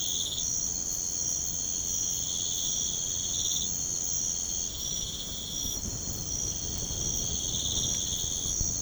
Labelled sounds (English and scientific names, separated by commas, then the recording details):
none
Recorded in pastures near Puerto Asís, Putumayo, Colombia, on 13 March 2025 at 05:30
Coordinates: 0.505, -76.324
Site GP08